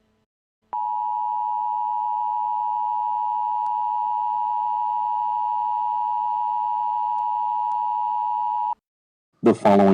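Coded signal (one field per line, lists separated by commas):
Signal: Emergency Alert System (SAME) tones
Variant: 853 and 960 Hz attention tone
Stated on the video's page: Fictional EAS scenario.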